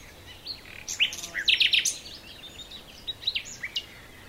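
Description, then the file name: Common nightingale song: short high chirps, then a tight cluster of bright repeated notes near the middle, followed by scattered thin notes. "Luscinia megarhynchos"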